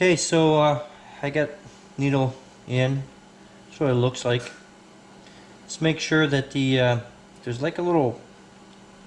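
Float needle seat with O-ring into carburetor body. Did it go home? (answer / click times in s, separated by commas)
no / none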